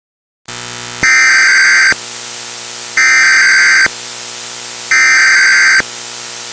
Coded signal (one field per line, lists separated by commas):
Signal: Emergency Alert System (SAME) tones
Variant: header bursts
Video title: EAS MOCK - The Wildcard of Nature